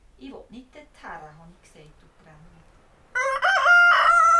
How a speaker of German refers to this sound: Der Hahn kräht vergeblich.